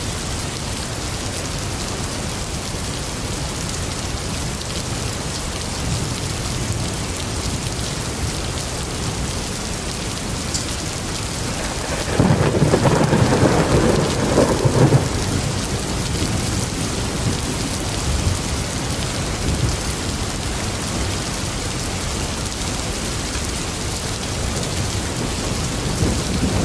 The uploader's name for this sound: Storm Sounds